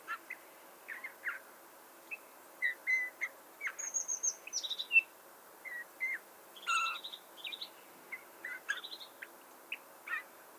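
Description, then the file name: Eurasian bullfinch with a busy, rambling series of short whistles, chirps and creaky notes in irregular bursts over about ten seconds. "Pyrrhula pyrrhula"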